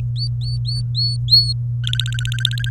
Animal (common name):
Domestic Canary